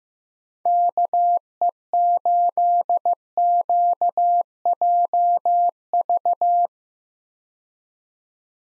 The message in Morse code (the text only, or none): KE8QJV